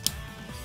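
A plastic Dash driver is fitted onto a spinning-top layer assembly and twisted to lock. It gives one sharp, bright click at 0.1 s, noticeably stronger than a metal driver's clicks, and then only a low background hum remains. The driver seats into place.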